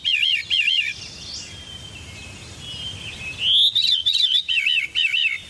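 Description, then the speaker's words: Veery song: wavering fluty phrases around one pitch, two phrases at the start and a run of phrases after a pause, over soft background noise. Resonant, flute-like phrases, rated by some as one of the most beautiful of all bird songs. "Veeries may be packaged in plumage that's quite plain, but their resonant flute-like phrases are distinctive, rated by some as one of the most beautiful of all avian songs."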